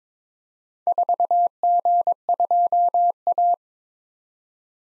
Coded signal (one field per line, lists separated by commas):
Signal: Morse code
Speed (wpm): 22 wpm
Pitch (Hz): 700 Hz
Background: none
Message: 4G2A